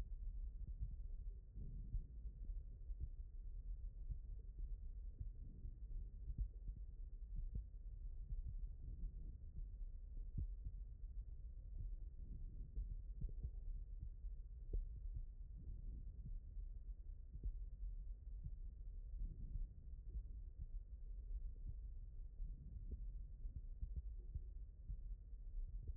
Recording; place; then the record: heart sounds by stethoscope; aortic valve (AV)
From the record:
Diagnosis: non-HFrEF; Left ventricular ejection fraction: 63%